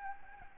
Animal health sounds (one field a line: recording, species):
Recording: mosquito wingbeat signal from an infrared sensor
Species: Aedes albopictus